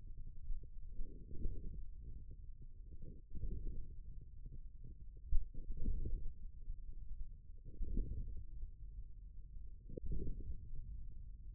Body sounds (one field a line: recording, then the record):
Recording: forearm muscle sounds (acoustic myography)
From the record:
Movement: radial deviation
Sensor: system 1, eight BSWA MPA416 microphones around the upper forearm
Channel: 6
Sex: male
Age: 41 years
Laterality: right